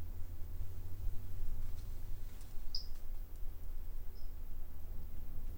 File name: Brachycephalus tridactylus individual 03 example 01 not collected by MR Bornschein 160310